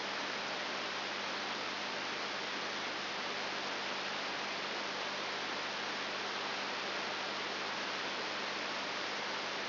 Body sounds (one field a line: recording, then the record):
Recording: brain microelectrode recording played as sound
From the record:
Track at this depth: inside the subthalamic nucleus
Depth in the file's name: 4.501 mm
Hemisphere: left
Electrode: 3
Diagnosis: Parkinson's disease